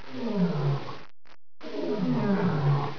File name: lion